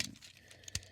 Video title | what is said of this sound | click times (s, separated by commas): Transformers Studio Series 86 Voyager Class Constructicon Mixmaster Review | There we go. It'll just clip into place like that. | 0.8 s